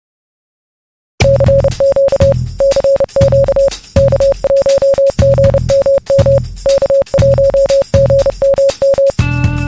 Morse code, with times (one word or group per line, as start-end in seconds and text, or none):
1.2-2.3 CQ
2.6-3.7 CQ
4.0-6.4 K1GMM
6.7-9.1 K1GMM